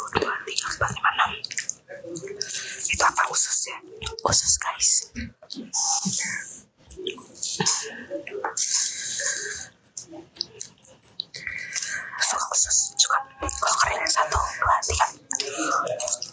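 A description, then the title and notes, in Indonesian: Crunchy bites of dried macaroni snacks, dense bright crackling bursts in quick irregular clusters, with brief pauses around the second and tenth seconds. Makaroni Kering Beserta Jajarannya.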